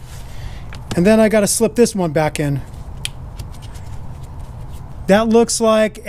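A plastic wiring harness retaining clip is slipped back into its bracket on the engine while someone talks, and a sharp click is heard at 3.0 s. The clip seats into the bracket.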